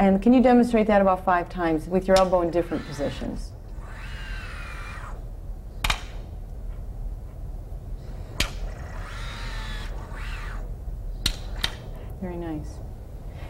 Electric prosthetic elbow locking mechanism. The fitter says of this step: may be able to hear the clicking of the elbow locking.